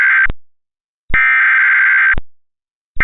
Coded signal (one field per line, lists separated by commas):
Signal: Emergency Alert System (SAME) tones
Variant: header bursts